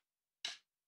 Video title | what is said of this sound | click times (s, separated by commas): Xpress meets LS: pre-assembled system for higher load cases | there's a click and that's the installation. | 0.4 s